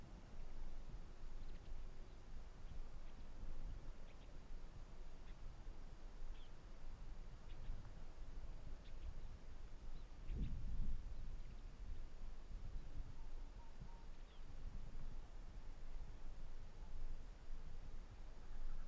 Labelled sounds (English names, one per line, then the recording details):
Arctic Fox
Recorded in the wild
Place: Insel Mednyi, Kommandeur-Inseln, RU
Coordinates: 54.5167, 168.083
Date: 1999-07-29 18:21
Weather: 10°C, dichter Nebel, schwacher Westwind
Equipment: Sony WM-D6C, Sennheiser ME 80, K 30 AV, Windkorb, Kopie Tascam DA 30
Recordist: Jakupi, Antje